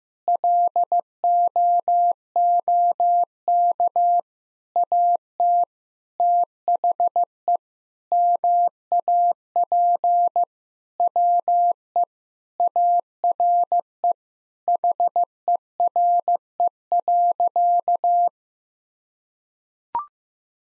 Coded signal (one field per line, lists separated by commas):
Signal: Morse code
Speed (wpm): 15 wpm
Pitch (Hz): 700 Hz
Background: none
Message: LOOK AT THE MAP WE ARE HERE.